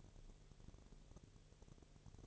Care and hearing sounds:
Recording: daily activity, microphone in the room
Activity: no activity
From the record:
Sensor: 4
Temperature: 22.3 degrees Celsius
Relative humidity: 30.9%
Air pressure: 1004.1 hPa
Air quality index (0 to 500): 86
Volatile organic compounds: 1 ppm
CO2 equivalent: 772 ppm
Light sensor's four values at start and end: 2/3/1/1 and 2/3/1/1

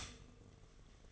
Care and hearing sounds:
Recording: daily activity, microphone in the room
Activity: stop toaster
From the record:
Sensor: 4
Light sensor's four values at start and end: 16/53/20/18 and 16/53/20/18

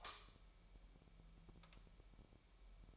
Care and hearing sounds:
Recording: daily activity, microphone in the room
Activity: light on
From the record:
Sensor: 1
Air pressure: 1001.9 hPa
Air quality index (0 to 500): 249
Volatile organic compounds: 53 ppm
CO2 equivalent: 3335 ppm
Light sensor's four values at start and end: 5/11/4/5 and 9/28/11/12

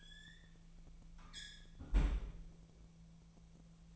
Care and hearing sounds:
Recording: daily activity, microphone in the room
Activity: close fridge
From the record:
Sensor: 1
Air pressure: 1009.7 hPa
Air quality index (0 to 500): 194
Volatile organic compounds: 19 ppm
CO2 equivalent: 2649 ppm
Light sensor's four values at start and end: 30/76/32/38 and 29/75/31/37

